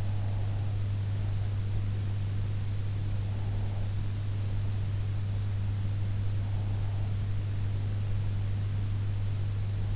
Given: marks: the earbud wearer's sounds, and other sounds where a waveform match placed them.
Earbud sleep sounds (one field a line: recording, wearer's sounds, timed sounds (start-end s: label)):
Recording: sounds in sleep by an in-ear microphone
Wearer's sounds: breath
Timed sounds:
0.00-0.86 s: breath